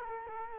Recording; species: mosquito wingbeat signal from an infrared sensor; Culex quinquefasciatus